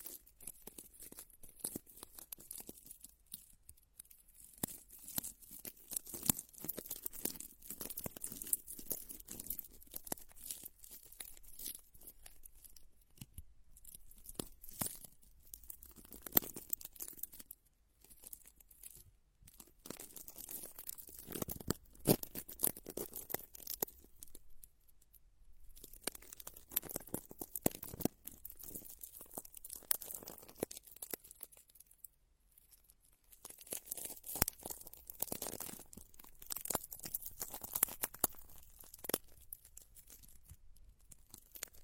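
Plants are rubbed and circled around the ears, giving dense, crackly rustling and crinkling that comes in bursts with brief quieter gaps. The texture is bright and papery, with sharp snaps scattered throughout and soft low thumps now and then.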